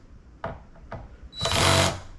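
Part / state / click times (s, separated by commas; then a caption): cordless drill clutch driving screws into a subwoofer cabinet / torque reached / 0.4 s, 0.9 s. A cordless drill with its clutch turned down to about setting 3 clicks sharply at 0.4 s and 0.9 s as the clutch slips, confirming the low torque setting before driving the driver screws into a REL 1508 Predator home theater subwoofer cabinet during a swap of its blown driver. A loud burst of drill motor whir follows from about 1.4 s to 1.9 s.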